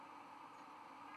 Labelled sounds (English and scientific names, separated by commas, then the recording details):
White-throated Sparrow (Zonotrichia albicollis) flight call
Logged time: 02:14 on 24 November 2014